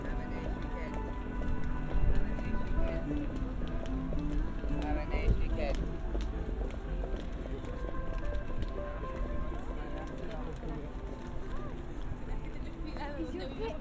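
A busy West End Saturday night in London: a steady crowd of overlapping voices, passing traffic rumble, and occasional footsteps and clatter.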